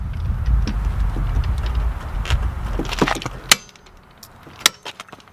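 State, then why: Torque reached. A click-type torque wrench on a wheel lug nut is ratcheted back up with rapid light clicks and pulled down again, with low rumbling noise early on. Sharp clicks at 3.5 s and 4.7 s mark the wrench breaking over at its setting, confirming the lug nut has reached its torque.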